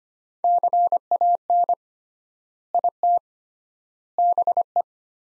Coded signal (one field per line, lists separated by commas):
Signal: Morse code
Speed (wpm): 25 wpm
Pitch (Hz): 700 Hz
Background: none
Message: CAN IT BE